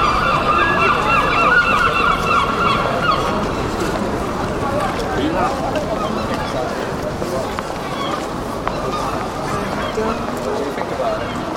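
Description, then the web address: Gulls calling in a dense, overlapping chorus of harsh, honking cries, loudest in the first three seconds, over a steady rumble of background noise. Gulls in a city. "city seagulls"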